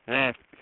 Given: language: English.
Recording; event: throat vibration sensor signal played as sound; speech